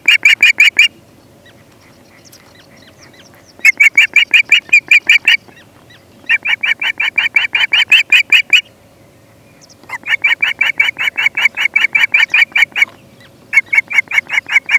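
Osprey repeating rapid strings of piercing whistled chirps in several bursts separated by short pauses.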